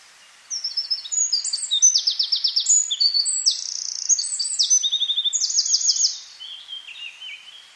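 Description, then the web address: Eurasian wren delivering a long, energetic high song of staccato trills and rattles, ending in softer lower notes near the close. "SETE data Troglodytes troglodytes"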